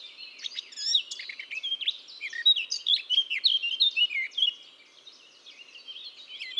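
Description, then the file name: Eurasian blackcap song, a rapid jumbled warble of chirps and whistles, quieter over the last two seconds. "Sylvia atricapilla"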